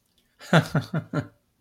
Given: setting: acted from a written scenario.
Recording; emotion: vocal sound without words; embarrassment